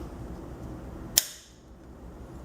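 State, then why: Seated. On a Lincoln MKC, the new backup camera assembly has its right-hand tab set in its notch, then its left-hand bracket arm is slid into the liftgate trim slot. A single sharp click at 1.2 s stands out over low background noise. The arm snaps in and seats, leaving everything aligned.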